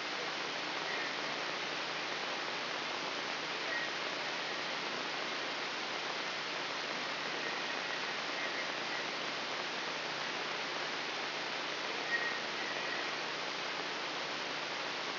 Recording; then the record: brain microelectrode recording played as sound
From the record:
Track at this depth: inside the subthalamic nucleus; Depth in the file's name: 4.107 mm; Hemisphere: left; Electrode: 3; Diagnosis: Parkinson's disease